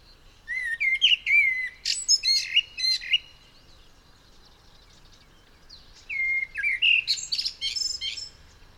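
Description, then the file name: Common blackbird song in two bursts, with warbled whistles rising and falling, then sharp high squeaks, and a calm pause between them. "Turdus merula"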